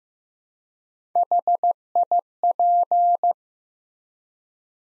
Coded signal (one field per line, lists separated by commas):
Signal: Morse code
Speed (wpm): 15 wpm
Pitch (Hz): 700 Hz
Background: none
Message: HIP